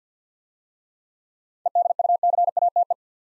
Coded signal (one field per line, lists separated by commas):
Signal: Morse code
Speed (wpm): 50 wpm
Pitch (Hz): 700 Hz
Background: none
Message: EDUCATE